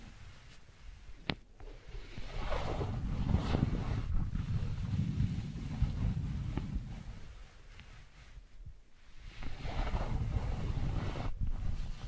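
Wooden balls roll in long, rumbling swells, a dense low rush that rises and falls, loudest around 2–7 seconds and again after 9. A few sharp wooden knocks cut through, near 1.3, 8.6 and 11.3 seconds, between quieter gaps.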